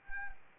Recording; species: mosquito wingbeat signal from an infrared sensor; Anopheles arabiensis